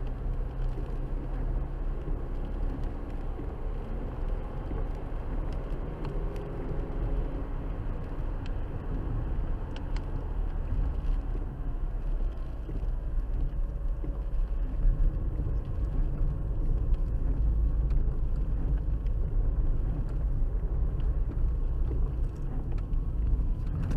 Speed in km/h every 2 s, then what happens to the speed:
58, 61, 68, 76, 74, 69, 50, 47, 47, 47, 44, 44.
0-6 speeds up to 76. 9-24 slows to 44.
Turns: none.